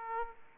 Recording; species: mosquito wingbeat signal from an infrared sensor; Aedes aegypti